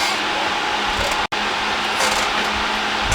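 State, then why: Not seated. A rubber anti-vibration mount for a Stihl 066 chainsaw (064/066/MS660 family) is greased before being pressed into its seat in the handle or engine housing. Only steady broadband handling noise is heard, with a brief near-silent dropout around 1.3 s. Nothing has seated or clicked yet.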